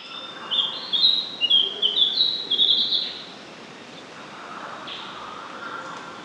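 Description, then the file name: Lemon-bellied flyrobin song: a run of thin whistled phrases that step up and down in pitch, then a soft hiss of background noise. Recorded in Papua New Guinea. "Micr Flag"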